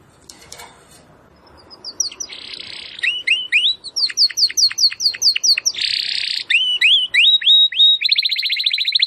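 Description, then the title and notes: Domestic canary starting after a quiet stretch, then a lively run of quick upslurred whistles, buzzy bursts and a fast trill at the end. Belgian canary singing; labelled 'Campainha'. "Canário Belga Campainha Canary Singing. Canario Belga Cantando"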